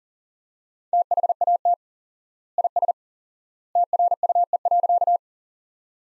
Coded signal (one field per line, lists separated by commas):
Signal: Morse code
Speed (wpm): 40 wpm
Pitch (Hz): 700 Hz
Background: none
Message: THAT IS TRUE.